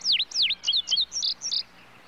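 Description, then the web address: Tudigo calls: a rapid series of high, sharply swept notes, first two steep downward-upward swoops, then shorter clipped chirps, all within about one and a half seconds. "bird tudigo tudigo other birds in bg"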